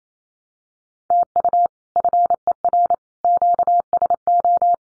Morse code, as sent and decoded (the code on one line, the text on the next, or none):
- ..- / ..-. . .-. / --.- ... ---
TU FER QSO